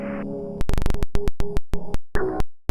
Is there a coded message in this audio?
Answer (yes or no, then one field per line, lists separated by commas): no